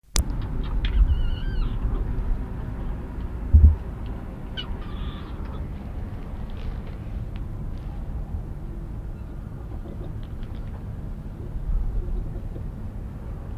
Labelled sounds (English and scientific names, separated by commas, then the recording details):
Sand Fox (Vulpes rueppellii) call
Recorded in captivity
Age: adult
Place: Zoo Halle, Sachsen-Anhalt, DE
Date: 1977-09-06 13:00
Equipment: Nagra SN, Kopie Uher Variocord
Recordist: Tembrock, Günter
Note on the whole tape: Winseln, Knurren. Abstand: 1 m